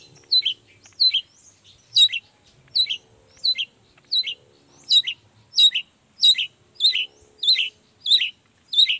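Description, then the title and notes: Long-tailed shrike song: a rhythmic run of many harsh notes, each dropping in pitch. Vigorous ('gacor') morning singing with 'toet toet' sound variations; presented as making any other shrike immediately answer ('nyaut') and open up its repertoire ('buka materi'). "Cendet Gacor Dor Di Kala Pagi Toet Toet Variasi Suara. Cendet Gacor Pagi Hari Biangnya Bikin Cendet Manapun Langsung On Nyaut. Burung cendet"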